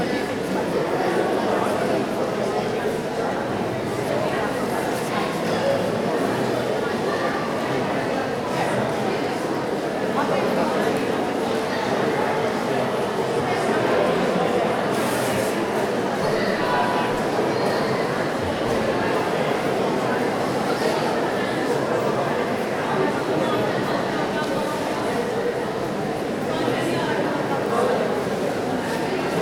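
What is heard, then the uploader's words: A busy city-centre shopping mall fills with the constant murmur of many overlapping voices, dense and steady throughout. The crowd chatter echoes inside a large hall, with occasional voices and brief clatters, including a sharper knock around fifteen seconds. Captured in a city centre shopping mall. The mall is busy with people seeking out bargins in the post-Christmas sales.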